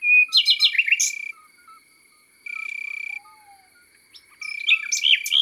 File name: Rossignol philomele Chants doiseaux dans la campagne